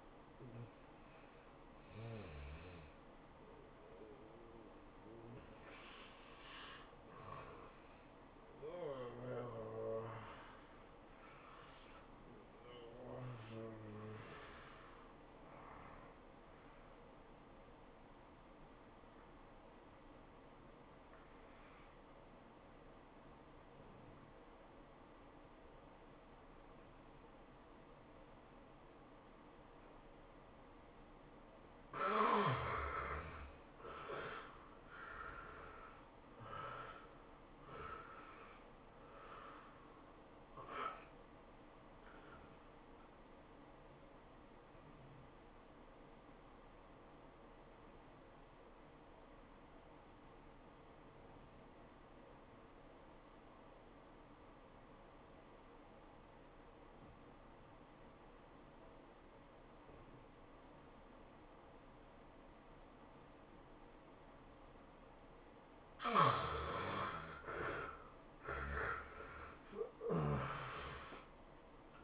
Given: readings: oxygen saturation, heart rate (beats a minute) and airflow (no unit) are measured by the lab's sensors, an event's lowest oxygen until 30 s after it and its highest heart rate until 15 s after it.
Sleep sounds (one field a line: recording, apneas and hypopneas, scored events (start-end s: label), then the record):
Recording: breathing in sleep by a voice recorder at the bedside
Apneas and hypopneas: 2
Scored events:
0.00-4.00 s: awake
17.00-32.60 s: hypopnea (N1, oxygen 95% highest, then 76% lowest, heart rate 108 at the start, 109 highest)
45.00-66.60 s: obstructive apnea (N1, oxygen 95% highest, then 74% lowest, heart rate 103 at the start, 112 highest)
From the record:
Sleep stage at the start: N1 (lightest sleep)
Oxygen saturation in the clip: 76 to 95%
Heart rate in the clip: 91 to 111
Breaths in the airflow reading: 9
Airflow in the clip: -16.2 to 15.4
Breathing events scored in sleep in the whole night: 403 in 5.5 hours asleep